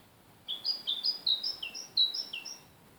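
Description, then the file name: Great tit giving a quick run of high, thin notes that alternate between a higher and a lower pitch, lasting about two seconds. "Parus major"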